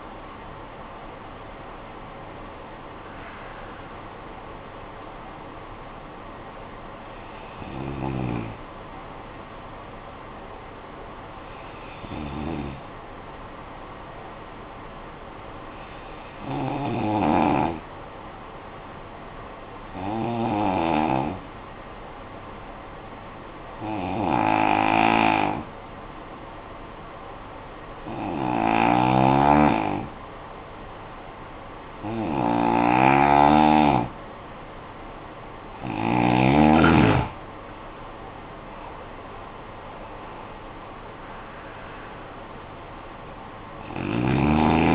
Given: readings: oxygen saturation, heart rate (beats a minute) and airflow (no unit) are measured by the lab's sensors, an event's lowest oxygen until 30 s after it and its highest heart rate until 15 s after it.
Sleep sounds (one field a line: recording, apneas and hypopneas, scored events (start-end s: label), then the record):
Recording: breathing in sleep by a voice recorder at the bedside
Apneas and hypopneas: 1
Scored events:
10.00-35.00 s: hypopnea (N1, oxygen 97% highest, then 87% lowest, heart rate 56 at the start, 75 highest)
17.00-44.95 s: new sleep stage, N2 (light sleep)
From the record:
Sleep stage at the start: N1 (lightest sleep)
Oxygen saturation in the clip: 88 to 97%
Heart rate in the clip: 52 to 78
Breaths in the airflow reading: 10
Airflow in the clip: -14.7 to 11.7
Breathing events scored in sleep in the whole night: 445 in 7.6 hours asleep